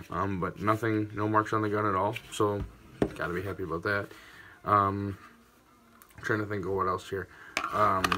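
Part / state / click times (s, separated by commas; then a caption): compact pistol into molded plastic holster / not seated / none. Someone talks while a compact pistol is handled for insertion into a molded plastic holster, with faint handling sounds between the speech. The pistol has not yet seated or clicked into the holster when the clip ends.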